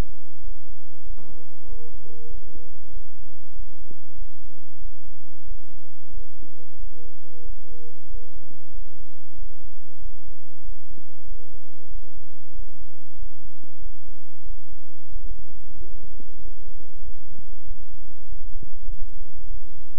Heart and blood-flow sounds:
heart sounds by stethoscope; between the tricuspid and mitral areas; 94 bpm
0.41 s: heartbeat
1.03 s: heartbeat
1.65 s: heartbeat
2.27 s: heartbeat
2.90 s: heartbeat
3.52 s: heartbeat
4.15 s: heartbeat
4.78 s: heartbeat
5.45 s: heartbeat
6.10 s: heartbeat
6.76 s: heartbeat
7.42 s: heartbeat
8.07 s: heartbeat
8.71 s: heartbeat
9.35 s: heartbeat
9.98 s: heartbeat
10.61 s: heartbeat
11.24 s: heartbeat
11.88 s: heartbeat
12.52 s: heartbeat
13.15 s: heartbeat
13.79 s: heartbeat
14.43 s: heartbeat
15.09 s: heartbeat
15.74 s: heartbeat
16.38 s: heartbeat
17.01 s: heartbeat
17.64 s: heartbeat
18.26 s: heartbeat
18.87 s: heartbeat
19.48 s: heartbeat
From the record:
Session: bicycle stress test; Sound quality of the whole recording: good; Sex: male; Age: 26 years

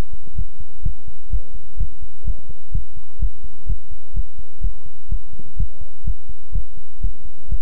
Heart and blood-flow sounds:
heart sounds by stethoscope; between the tricuspid and mitral areas; 126 bpm
0.35 s: heartbeat
0.82 s: heartbeat
1.30 s: heartbeat
1.77 s: heartbeat
2.24 s: heartbeat
2.72 s: heartbeat
3.19 s: heartbeat
3.66 s: heartbeat
4.13 s: heartbeat
4.61 s: heartbeat
5.08 s: heartbeat
5.56 s: heartbeat
6.04 s: heartbeat
6.52 s: heartbeat
7.00 s: heartbeat
7.48 s: heartbeat
From the record:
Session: pedaling a stationary bicycle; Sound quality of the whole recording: good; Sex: male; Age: 24 years

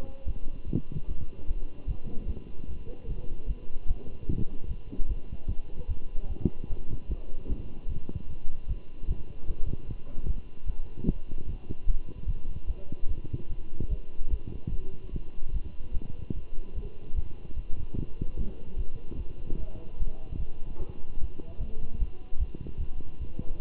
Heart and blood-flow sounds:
heart sounds by stethoscope; between the tricuspid and mitral areas; 149 bpm
0.26 s: heartbeat
0.67 s: heartbeat
1.07 s: heartbeat
1.47 s: heartbeat
1.87 s: heartbeat
2.27 s: heartbeat
2.68 s: heartbeat
3.07 s: heartbeat
3.47 s: heartbeat
3.87 s: heartbeat
4.28 s: heartbeat
4.68 s: heartbeat
5.08 s: heartbeat
5.48 s: heartbeat
5.88 s: heartbeat
6.29 s: heartbeat
6.69 s: heartbeat
7.09 s: heartbeat
7.49 s: heartbeat
7.88 s: heartbeat
8.28 s: heartbeat
8.68 s: heartbeat
9.07 s: heartbeat
9.47 s: heartbeat
9.88 s: heartbeat
10.27 s: heartbeat
10.66 s: heartbeat
11.07 s: heartbeat
11.47 s: heartbeat
11.87 s: heartbeat
12.26 s: heartbeat
12.67 s: heartbeat
13.08 s: heartbeat
13.49 s: heartbeat
13.89 s: heartbeat
14.30 s: heartbeat
14.71 s: heartbeat
15.12 s: heartbeat
15.53 s: heartbeat
15.93 s: heartbeat
16.34 s: heartbeat
16.75 s: heartbeat
17.15 s: heartbeat
17.56 s: heartbeat
17.97 s: heartbeat
18.37 s: heartbeat
18.77 s: heartbeat
19.18 s: heartbeat
19.59 s: heartbeat
19.99 s: heartbeat
20.38 s: heartbeat
20.79 s: heartbeat
21.20 s: heartbeat
21.59 s: heartbeat
21.99 s: heartbeat
22.39 s: heartbeat
22.79 s: heartbeat
23.20 s: heartbeat
23.59 s: heartbeat
From the record:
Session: Bruce protocol treadmill stress test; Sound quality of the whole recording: good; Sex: male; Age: 23 years

